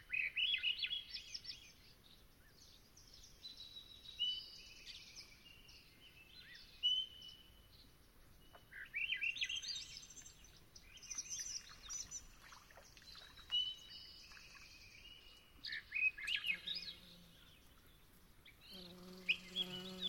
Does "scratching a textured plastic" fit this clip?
no